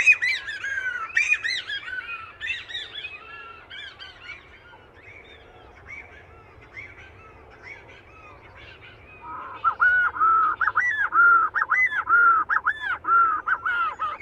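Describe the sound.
Boyd's shearwater calls: a burst of harsh, bending cries at the start, then quieter calling, then a run of regular clear arched notes in the last seconds.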